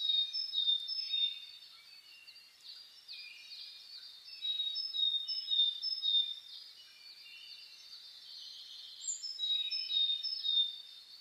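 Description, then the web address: Birds singing together in a dawn chorus, overlapping high whistles and twittering phrases that swell and fade in bursts, with no other clear sounds. Dawn chorus (reimei) of birdsong (saezuri) recorded on 10 May 2010. "reimei -saezuri-20100510"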